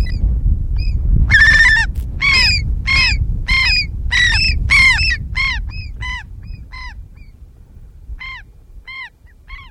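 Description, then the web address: Andean gull giving a series of harsh, arched, nasal calls that rush together, then slow and fade into spaced single notes, over low rumbling noise. "cantos gavioandina"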